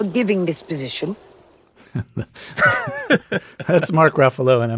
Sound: laughter

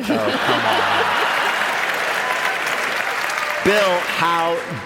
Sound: applause

